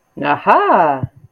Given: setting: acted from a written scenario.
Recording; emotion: vocal sound without words; triumph